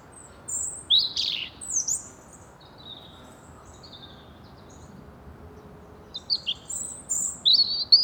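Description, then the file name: European robin song: scattered high, thin whistles and brief sweeping notes in loose, irregular phrases, with pauses between bursts and steady faint hiss underneath. "Erithacus rubecula"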